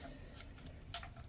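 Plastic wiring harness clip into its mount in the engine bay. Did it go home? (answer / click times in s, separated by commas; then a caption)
yes / 0.9 s. A small plastic retaining clip holding the wiring harness is pressed down into its mount in the engine bay of a 2010 Mini Cooper S during a thermostat replacement. Faint ticks at 0.4 and 0.6 seconds lead up to a sharp snap at 0.9 seconds as the clip seats into place.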